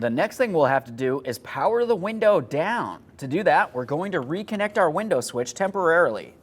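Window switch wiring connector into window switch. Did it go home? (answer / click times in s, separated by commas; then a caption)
no / none. Someone talks while preparing to temporarily reconnect the plastic window switch electrical connector to the door wiring harness by hand on a 2006-2012 Ford Fusion during rear power window motor and regulator replacement, so the window can be powered down. Only talking is heard. The connector has not yet been pushed in, and nothing has seated or clicked.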